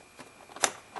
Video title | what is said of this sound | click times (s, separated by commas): How To Replace A 2002 Toyota Avalon Starter | unplugged push it in it snaps | 0.6 s